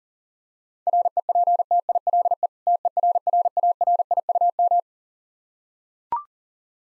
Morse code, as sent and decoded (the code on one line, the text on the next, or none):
.-. . .--. - .. .-.. . / - . .-. .-. .- .-. .. ..- --
REPTILE TERRARIUM